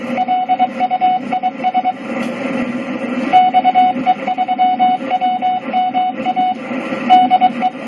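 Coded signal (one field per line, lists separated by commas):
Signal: Morse code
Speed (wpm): 22 wpm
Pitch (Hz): 740 Hz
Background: radio noise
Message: LUIS XE3WMA DE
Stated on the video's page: Morse code sent at 15 wpm.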